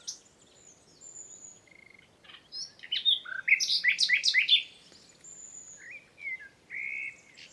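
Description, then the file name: Common nightingale song with high whistled notes, a burst of rapid loud chirps in the middle, and short whistled phrases after. "Luscinia megarhynchos"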